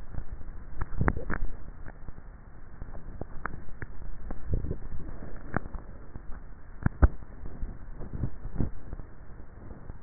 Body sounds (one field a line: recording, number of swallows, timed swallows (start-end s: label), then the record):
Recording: swallowing sounds by neck microphone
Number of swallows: 1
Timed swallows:
0.62-1.69 s: swallow
From the record:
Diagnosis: dysphagia